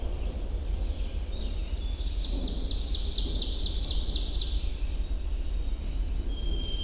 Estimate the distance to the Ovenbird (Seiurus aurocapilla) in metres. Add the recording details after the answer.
about 50 m. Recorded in boreal forest in Alberta, Canada, on 21 June 2016 at 07:28. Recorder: SongMeter 3, array SBT-6-81. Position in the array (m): 15 m, 95 m. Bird 24